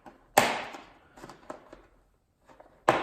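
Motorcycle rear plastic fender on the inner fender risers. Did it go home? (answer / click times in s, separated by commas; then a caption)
released / 0.4 s. With the fasteners already removed, the red plastic rear fender of a Honda CRF450L is pulled upward so it unsnaps from the black risers on the inner fender. A loud, sharp pop at 0.4 s marks the fender releasing, followed by a few softer taps and another sharp snap near 2.9 s. The fender comes free of the mounting risers.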